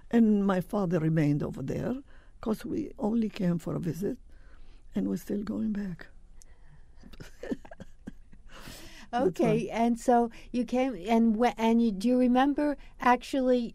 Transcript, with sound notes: And my father remained over there because we only came for a visit and we're still going back. [Laughs]
Okay, and so you came, and when — do you remember actually